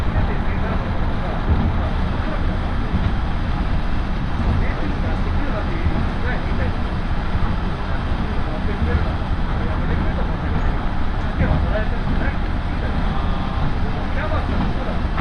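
A ride aboard a Tarumi Railway train from Morera Gifu toward Tarumi, with a steady, dense low rumble running throughout. Voices murmur over the engine and wheel noise, and brief clicks and knocks recur irregularly, with no clear pauses in the sound.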